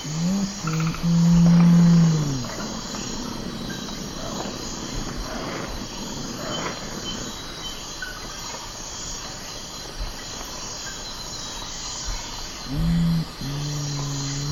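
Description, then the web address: Nocturnal curassow song: deep humming notes near the start and again at the end, separated by a long stretch of steady insect buzz and hiss. Ecuador. "Birds of Ecuador. Nocturnal Curassow"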